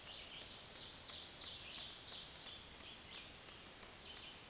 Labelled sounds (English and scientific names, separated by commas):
Black-throated Green Warbler (Setophaga virens) song